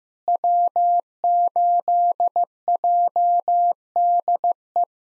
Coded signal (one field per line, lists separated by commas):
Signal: Morse code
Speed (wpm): 15 wpm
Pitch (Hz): 700 Hz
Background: none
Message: W8JDE